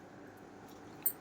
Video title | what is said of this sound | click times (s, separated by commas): Easy way to remove zip ties -ziptieremoving- tips-kitchen ltips | ఇదిగోండి lock అయింది | 1.1 s